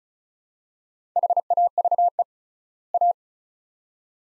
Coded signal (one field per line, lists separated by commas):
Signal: Morse code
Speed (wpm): 36 wpm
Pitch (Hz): 700 Hz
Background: none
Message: HAVE A